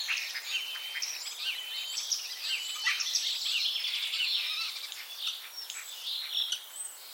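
Common starling chatter, a continuous jumble of high whistles, squeaks and short buzzy notes, dense and varied throughout.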